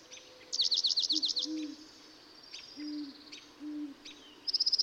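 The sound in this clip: Dark-eyed junco song: a rapid, wavering high trill lasting about a second, with soft low hooting notes in the background and another trill starting at the end.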